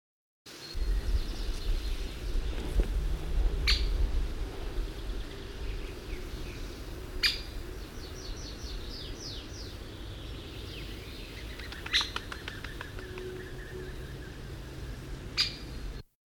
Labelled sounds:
Stock Dove (Columba oenas)
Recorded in the wild
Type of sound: flight sound
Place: Lütow, Insel Usedom, Mecklenburg-Vorpommern, DE
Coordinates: 54.032, 13.888
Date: 1975-06-15
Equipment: Nagra III BH, Sennheiser MD 21, parabola
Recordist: Schubert, Michael
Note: Fluggeräusch Hohltaube

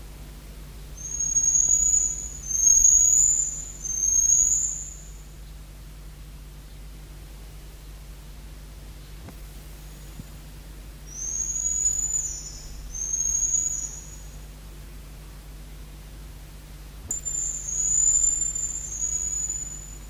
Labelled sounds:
Common Marmoset (Callithrix jacchus) call
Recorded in captivity
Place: Zoo Berlin, Berlin, DE
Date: 1995-04-01 10:40
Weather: bedeckt - heiter, 6 - 8°C, böiger Wind
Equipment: Marantz CP 430, Sennheiser ME 80, Kopie Uher Variocord 263
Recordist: Tembrock, Günter

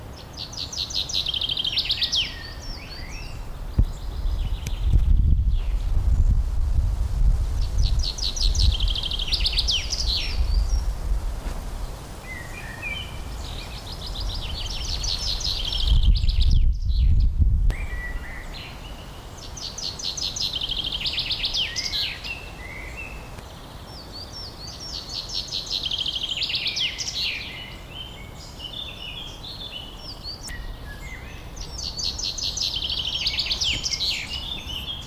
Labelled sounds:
Common Chaffinch (Fringilla coelebs) song
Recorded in the wild
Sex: male
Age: adult
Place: Summt, Brandenburg, DE
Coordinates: 52.6931, 13.3606
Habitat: forest
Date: 1997-05-17 13:38
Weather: sunny, 25°C
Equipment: Sony MD-WM MZ-R3, Sennheiser MKH 416 T, Kopie Uher 4000 Report Monitor
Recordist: Tembrock, Günter

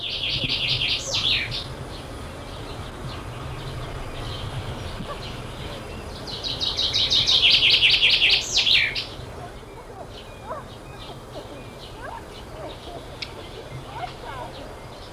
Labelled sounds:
Common Chaffinch (Fringilla coelebs) song
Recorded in the wild
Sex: male
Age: adult
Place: Feldberg - Koldenhof, Mecklenburgische Seenplatte, Mecklenburg, DE
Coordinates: 53.3403, 13.3586
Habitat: lake
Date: 1976-06-14 19:33
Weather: 16° C
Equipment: Uher CR 210, Sennheiser MD 421 HL, Verstärker, Reflektor, Kopie Uher 4200
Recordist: Tembrock, Günter
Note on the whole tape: Am Dolgensee. Gesang

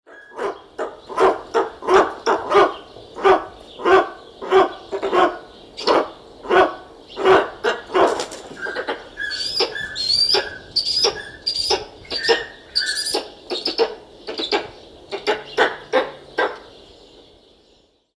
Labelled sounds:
Eastern Imperial Eagle (Aquila heliaca)
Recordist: Tembrock, Günter
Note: Lautfolgen

